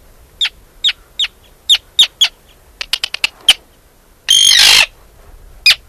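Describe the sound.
Arctic tern calling: a quick run of short sharp kit notes, then a drawn-out harsh grating screech, then one more clipped note.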